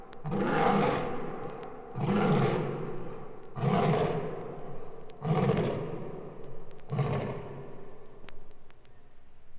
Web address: lions roaring